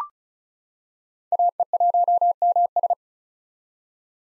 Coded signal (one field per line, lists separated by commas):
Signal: Morse code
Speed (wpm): 34 wpm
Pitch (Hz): 700 Hz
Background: none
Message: AE1MS